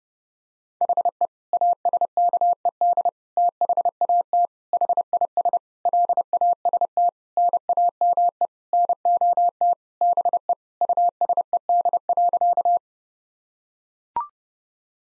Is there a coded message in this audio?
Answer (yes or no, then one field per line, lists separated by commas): yes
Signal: Morse code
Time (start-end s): 0.8-12.8 s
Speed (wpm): 30 wpm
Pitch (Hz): 700 Hz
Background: none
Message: HE ASKED THAT HIS LAST NAME NOT BE USED.